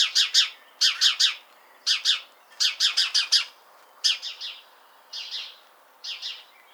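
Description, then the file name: House sparrow chirping in short bursts of a few bright notes, pausing between clusters, the bursts growing softer toward the end. "Passer domesticus"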